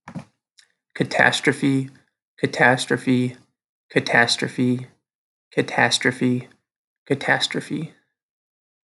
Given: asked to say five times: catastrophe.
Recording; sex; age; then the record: repeated word; male; 20 to 29 years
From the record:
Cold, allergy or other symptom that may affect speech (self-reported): no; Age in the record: 29 years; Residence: Iowa, United States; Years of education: 16